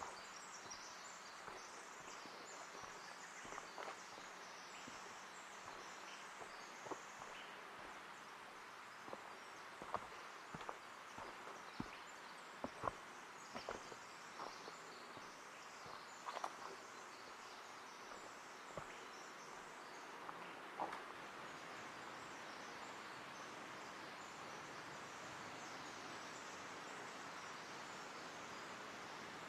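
Ambience from the Ancient Forest Preserve in Portland's Forest Park, Oregon: a steady soft hiss runs throughout, scattered with irregular sharp ticks and snaps every second or so, a few louder near 13, 16 and 21 seconds. A faint low hum underlies the opening.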